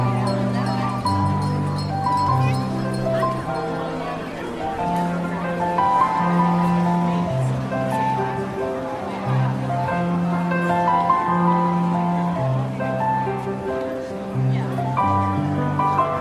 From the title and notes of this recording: Calming Holiday Jazz Piano and Market Ambience. Classic holiday tunes play on the piano, and all are merry and warm.